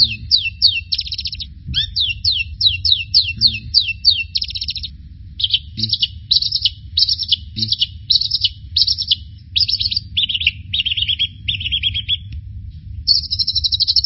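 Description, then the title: Bird song, rapid high chattering trills and repeated whistled phrases in quick bursts, with brief pauses, over low background rumble. "burung online"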